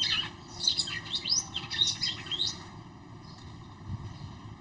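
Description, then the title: Red-cowled cardinal song, a busy run of warbled high chirps and short slurred notes lasting about two and a half seconds, then softer background noise. Female singing to the male; audio used to excite a male kept bird. "Canto Galo Campina Fêmea. FÊMEA DE GALO DE CAMPINA FOGOSA CANTANDO PRO MACHO"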